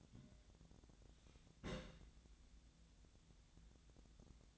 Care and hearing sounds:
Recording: daily activity, microphone in the room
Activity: place on stove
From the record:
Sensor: 3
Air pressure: 1009.9 hPa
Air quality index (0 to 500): 186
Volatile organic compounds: 13 ppm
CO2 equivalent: 2430 ppm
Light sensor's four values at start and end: 41/102/44/47 and 41/102/44/47

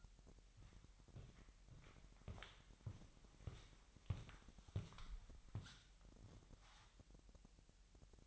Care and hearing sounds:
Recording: daily activity, microphone in the room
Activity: walk to room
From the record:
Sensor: 3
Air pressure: 1002.0 hPa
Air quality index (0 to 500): 247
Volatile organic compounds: 49 ppm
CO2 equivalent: 3283 ppm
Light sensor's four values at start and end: 10/25/10/10 and 10/23/9/10

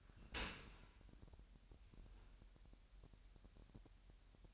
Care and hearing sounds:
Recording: daily activity, microphone in the room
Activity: open dishwasher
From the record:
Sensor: 2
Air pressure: 998.0 hPa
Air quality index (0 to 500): 148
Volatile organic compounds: 4 ppm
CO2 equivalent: 1680 ppm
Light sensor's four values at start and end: 10/29/11/11 and 10/29/11/11

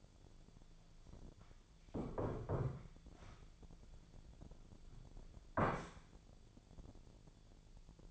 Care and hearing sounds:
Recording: daily activity, microphone in the room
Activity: sit down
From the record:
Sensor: 5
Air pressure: 1008.2 hPa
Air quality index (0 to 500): 152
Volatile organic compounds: 3 ppm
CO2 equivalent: 1465 ppm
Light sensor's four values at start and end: 60/169/66/66 and 60/169/66/66

